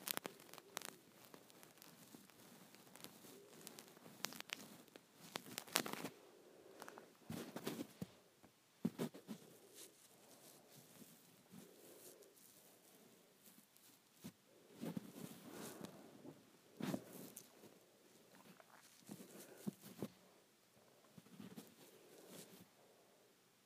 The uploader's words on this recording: ASMR Hair Play.